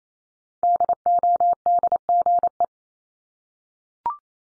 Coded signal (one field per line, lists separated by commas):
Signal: Morse code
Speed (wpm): 28 wpm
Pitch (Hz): 700 Hz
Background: none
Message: DODGE